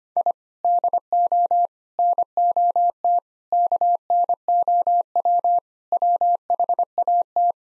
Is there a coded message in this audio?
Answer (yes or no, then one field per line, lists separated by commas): yes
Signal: Morse code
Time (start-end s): 0.2-7.5 s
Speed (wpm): 25 wpm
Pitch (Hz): 700 Hz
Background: none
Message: I DO NOT KNOW WHAT